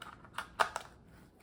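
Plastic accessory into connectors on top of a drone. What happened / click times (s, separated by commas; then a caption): The plastic accessory snapped onto its connectors / 0.6 s. A plastic accessory is pressed onto the connectors on top of a small consumer drone, a Tucok 193 MAX2S. A few light taps lead into a sharp, bright click at 0.6 s, followed by a softer tick at 0.8 s. The accessory snaps in and is seated.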